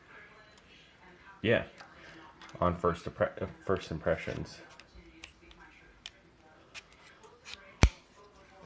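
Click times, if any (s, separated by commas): 7.8 s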